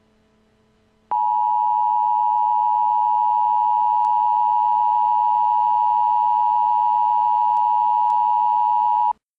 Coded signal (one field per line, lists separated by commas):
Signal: Emergency Alert System (SAME) tones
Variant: 853 and 960 Hz attention tone